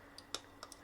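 A seated microSD card is pushed again in the card slot of a Tapo security camera to take it out. The push-push latch releases with a sharp click at 0.3 s and the card pops out, with fainter ticks around 0.2, 0.6 and 0.7 s.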